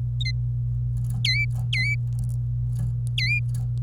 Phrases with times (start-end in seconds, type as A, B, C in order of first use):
0.21-0.23 A, 0.25-0.31 B, 1.25-1.45 C, 1.73-1.95 C, 3.18-3.39 C